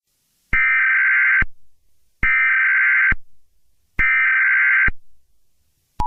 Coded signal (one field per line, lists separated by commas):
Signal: Emergency Alert System (SAME) tones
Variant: header bursts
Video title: Plotagon EAS scenario: The great Plotagon city shake-off (Read Desc)